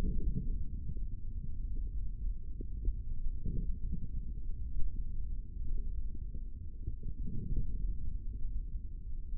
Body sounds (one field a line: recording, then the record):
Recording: forearm muscle sounds (acoustic myography)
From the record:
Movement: index flexion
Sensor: system 3, bracelet of six PUI Audio POM-2738L microphones around the upper forearm, with dedicated amplification and filtering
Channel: 6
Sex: male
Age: 25 years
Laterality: right